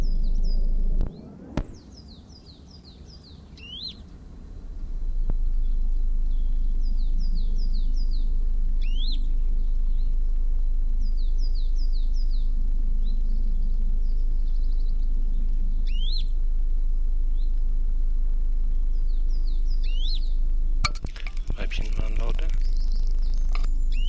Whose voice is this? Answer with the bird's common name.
Western Bonelli's Warbler